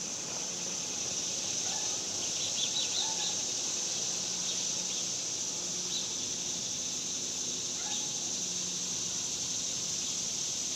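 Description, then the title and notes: Continuous cicada drone, shrill and even, with a few brief bird twitters and a low hum beneath. Cicadas outdoors in summer in the suburbs. "Ext Summer Cicadas, Suburbs by Bandeto"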